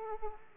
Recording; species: mosquito wingbeat signal from an infrared sensor; Aedes aegypti